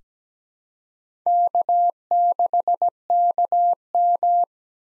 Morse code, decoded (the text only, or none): K6KM